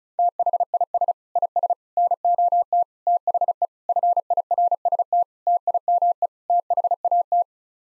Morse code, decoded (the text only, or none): THIS IS NOT THE FIRST TIME THAT